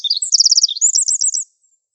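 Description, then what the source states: Pacific wren singing a brief, very high run of quick metallic trills and twittering notes, ending after about one and a half seconds. Recorded in coniferous forest.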